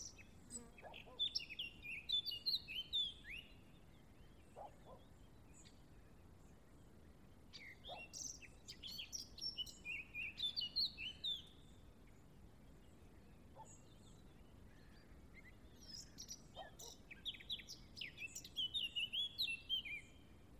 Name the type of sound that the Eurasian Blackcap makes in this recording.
song